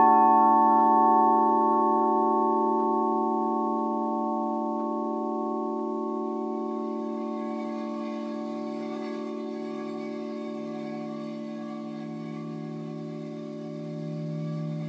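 Crystal bowls ring in one long, sustained chord, with steady pure tones layered from a low hum up to clear higher notes. The sound slowly fades over the first half, then holds, with a soft rise in the low tone near the end.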